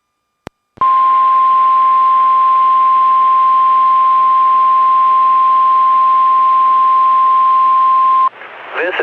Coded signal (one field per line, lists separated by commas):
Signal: Emergency Alert System (SAME) tones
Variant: 1050 Hz attention tone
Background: speech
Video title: FGZ RWT (EAS#118)